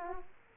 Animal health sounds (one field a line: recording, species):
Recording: mosquito wingbeat signal from an infrared sensor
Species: Aedes aegypti